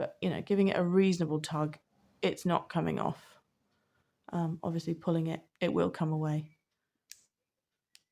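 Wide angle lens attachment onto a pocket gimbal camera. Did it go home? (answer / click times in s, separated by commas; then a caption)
yes / 7.1 s. Someone talks while handling a clip-on wide-angle lens attachment for a DJI Osmo Pocket 3 pocket gimbal camera, pulling it off the camera's lens housing after a firm tug. After a pause, the lens is refitted onto the housing and seats with a short, sharp click at 7.1 seconds. Two fainter ticks follow near 8.0 and 8.2 seconds.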